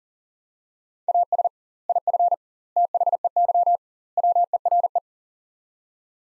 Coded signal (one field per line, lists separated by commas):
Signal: Morse code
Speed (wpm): 40 wpm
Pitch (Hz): 700 Hz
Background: none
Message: AS IF THEY WERE